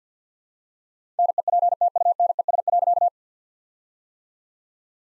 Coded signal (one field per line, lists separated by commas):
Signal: Morse code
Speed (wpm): 49 wpm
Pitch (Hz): 700 Hz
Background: none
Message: NEPTUNES.